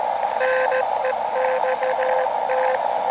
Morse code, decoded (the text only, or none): NEXT